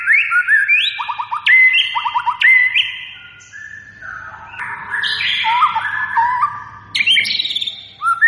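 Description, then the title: White-rumped shama song mixing short rapid trills, bright whistles and harsher chattering notes, with a brief quieter stretch midway. Lure recording meant to make a white-rumped shama respond; the bird is described as singing actively. "PANCINGAN MEWAH MURAI BATU GACOR, SEKALI DENGAR AMPUH LANGSUNG RESPON"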